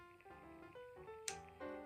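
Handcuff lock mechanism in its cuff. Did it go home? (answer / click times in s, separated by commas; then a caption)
yes / 1.3 s. The unrepaired side of a pair of antique quick-open handcuffs with a double lock button is operated over steady music with sustained tonal notes. A sharp click at 1.3 s sets the lock mechanism in its cuff, leaving the cuffs ready to be locked.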